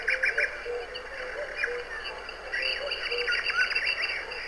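Bird chirps and twittering, an early quick burst then a busier run of tweets, over a steady high tonal drone.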